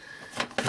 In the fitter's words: rubber grommet right there and pops into place